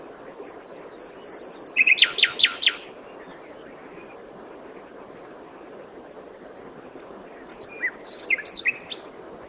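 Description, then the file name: Common nightingale song: a flat high whistle leads into a fast series of loud clicking notes, a pause, then another short varied phrase of sharp notes. "Luscinia megarhynchos"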